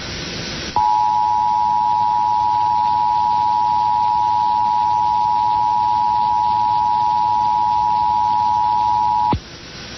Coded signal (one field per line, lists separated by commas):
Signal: Emergency Alert System (SAME) tones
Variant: 853 and 960 Hz attention tone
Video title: WCCO AM 2011 National EAS Test